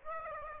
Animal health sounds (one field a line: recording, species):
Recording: mosquito wingbeat signal from an infrared sensor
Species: Aedes aegypti